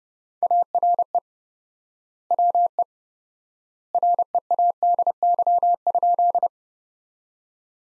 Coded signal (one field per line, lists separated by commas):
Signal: Morse code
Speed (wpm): 30 wpm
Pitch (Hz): 700 Hz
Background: none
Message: ARE WE READY?